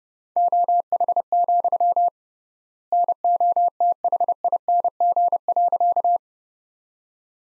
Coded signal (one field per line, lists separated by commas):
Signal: Morse code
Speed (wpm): 29 wpm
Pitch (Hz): 700 Hz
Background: none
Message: OH, NOTHING.